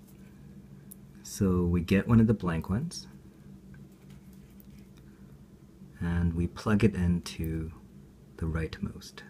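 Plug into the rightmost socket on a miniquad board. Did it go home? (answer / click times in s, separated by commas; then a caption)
no / none. A blank plug is picked up and lined up with the rightmost socket on a miniquad board while someone talks. Between the speech, faint handling taps and small clicks come through, but the plug has not seated and nothing has clicked yet.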